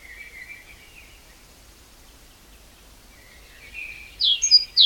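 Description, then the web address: Great tit calls: faint, low chirping notes early on, followed near the end by a few loud, sharp, high-pitched call notes in quick succession. "SETE Parus major"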